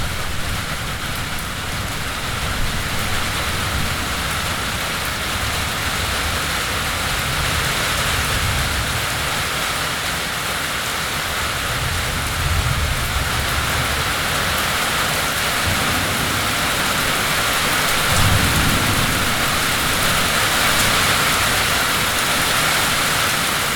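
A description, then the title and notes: A summer thunderstorm pours steady, dense rain throughout, with low rumbles of thunder rolling in around five, thirteen and eighteen seconds. Recorded one lazy day in August 2020 on a Wadmalaw Island farmstead, captures the sweet sounds and mood of a Lowcountry summer thunderstorm.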